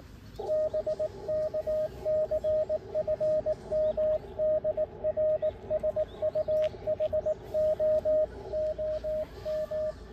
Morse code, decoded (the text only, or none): BK CFM DR SUHO OM